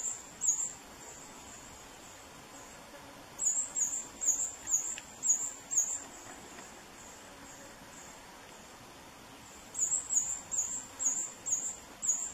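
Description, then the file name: Hummingbird song: very high, thin chipping notes in three bursts of rapid, slightly uneven repeats, with quiet gaps between, over soft background hiss. "Canto do beija flor roxo"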